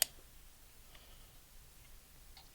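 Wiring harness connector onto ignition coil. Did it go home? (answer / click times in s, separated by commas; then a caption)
yes / 0.0 s. A wiring harness connector is put back onto the ignition coil of a BMW N20 engine in an F30 during a spark plug change, and its plastic locking clip is pressed down. One sharp click sounds at 0.0 s as the clip snaps down and the connector seats. Only faint, soft sounds follow near 1.0 and 2.4 s over low background noise.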